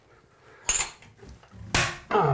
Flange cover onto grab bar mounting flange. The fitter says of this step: then these other covers just snap in place okay